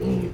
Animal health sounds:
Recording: contact call of a hoofed animal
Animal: pig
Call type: closed-mouth grunt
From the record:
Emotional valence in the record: positive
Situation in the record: food and toys in familiar pen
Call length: 0.34 s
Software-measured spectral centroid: 1540 Hz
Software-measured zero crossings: 690 a second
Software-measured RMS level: -24 dBFS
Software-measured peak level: -13 dBFS

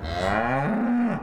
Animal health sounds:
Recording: contact call of a hoofed animal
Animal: cattle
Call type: low-frequency (closed-mouth) or high-frequency (open-mouth) call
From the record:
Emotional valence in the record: negative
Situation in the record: full separation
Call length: 1.23 s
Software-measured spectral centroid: 1430 Hz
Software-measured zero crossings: 1220 a second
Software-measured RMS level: -24 dBFS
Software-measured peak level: -9 dBFS

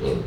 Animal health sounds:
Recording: contact call of a hoofed animal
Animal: pig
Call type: closed-mouth grunt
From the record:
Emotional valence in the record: positive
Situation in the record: food and toys in familiar pen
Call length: 0.27 s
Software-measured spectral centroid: 1600 Hz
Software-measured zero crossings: 1000 a second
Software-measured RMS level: -25 dBFS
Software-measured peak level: -12 dBFS

